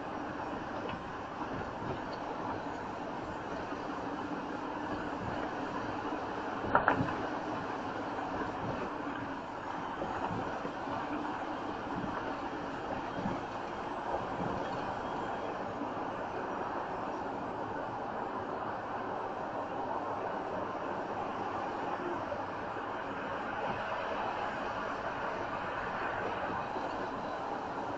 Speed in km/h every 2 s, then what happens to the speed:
63, 63, 64, 64, 69, 68, 71, 71, 71, 64, 63, 61, 61, 61.
0-7 steady at about 63. 7-12 speeds up to 71. 16-21 slows to 61. 21-28 steady at about 61.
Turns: none.